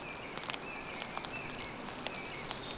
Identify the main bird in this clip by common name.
Song Thrush